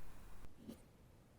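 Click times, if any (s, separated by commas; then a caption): none. A Skoda Superb II's plastic cabin pollen filter cover is handled at the filter housing under the dashboard, its hooks pushed through the holes and jiggled before being pulled to one side to lock. Faint rustling and scraping is heard, with a brief sharp tick at 0.5 s and a soft rub around 0.7 s. Nothing has seated or locked yet.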